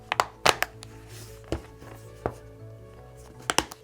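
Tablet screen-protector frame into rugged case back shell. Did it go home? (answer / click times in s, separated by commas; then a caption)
yes / 0.1 s, 0.2 s, 0.5 s, 0.6 s, 3.5 s, 3.6 s. A Samsung Galaxy Tab A7 10.4, already inside a heavy-duty case's built-in plastic screen-protector frame, is pressed into the case's hard back shell. Sharp snaps come at 0.1, 0.2, 0.5, 0.6, 3.5 and 3.6 seconds over music. The tablet and frame seat into the back of the case.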